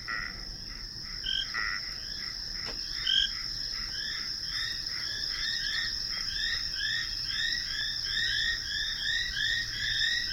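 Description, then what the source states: Painted frog chorus, short bright upslurred notes repeated, several callers overlapping above a constant high whine. Painted frogs calling rhythmically at night at a pond in Kenya, in the last recording of the final night of the trip.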